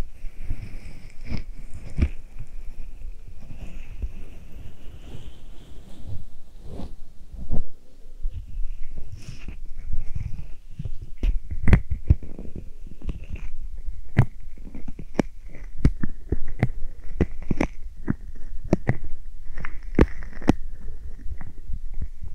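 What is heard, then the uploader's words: Ear massage sounds: soft rubbing and low thumping strokes with frequent sharp taps and crackles, growing busier in the second half. ASMR Ear Massage.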